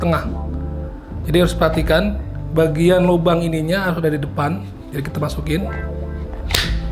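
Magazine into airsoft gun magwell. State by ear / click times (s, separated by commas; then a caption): seated / 6.5 s. A magazine is inserted the right way round, with its hole facing the front, into the magwell of a VFC UMP 45 airsoft SMG, because backwards it would get stuck halfway, and it must click in before the gun can be operated. Someone talks over background music, then the magazine is pushed home and clicks as it locks at about 6.6 s, seating fully.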